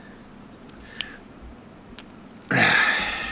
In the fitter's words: It's seated. It's not fully seated yet, but uh we'll